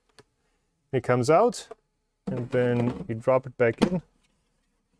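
A resin tank is handled at the printer rails of a Formlabs Form 3+ after being pulled out to be dropped back in. Two faint, brief taps at about 0.1 and 0.2 s are followed by someone talking from about 0.9 to 4.0 s. Nothing has seated or clicked yet; the tank is not yet home.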